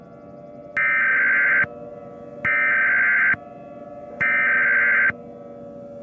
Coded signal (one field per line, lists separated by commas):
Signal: Emergency Alert System (SAME) tones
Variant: header bursts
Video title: EAS Scenario #30 The Darkness Nightmare